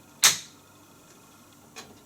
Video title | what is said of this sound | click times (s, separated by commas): C-FIX Repair with wires | Once you hear that click, you know that it's in the right place. | 0.2 s